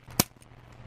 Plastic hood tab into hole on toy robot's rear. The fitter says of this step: get them to tab in and they will make a nice click just